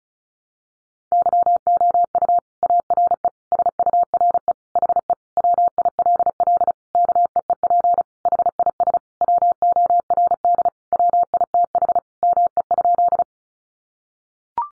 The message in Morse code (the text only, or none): YOU ARE SURE HE WILL KEEP HIS WORD WITH ME?